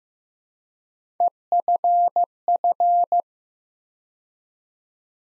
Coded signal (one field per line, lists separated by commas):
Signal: Morse code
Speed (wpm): 15 wpm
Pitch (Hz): 700 Hz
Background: none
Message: EFF